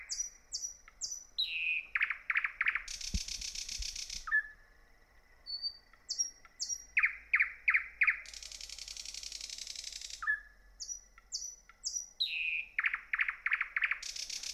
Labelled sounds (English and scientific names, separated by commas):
Thrush Nightingale (Luscinia luscinia) song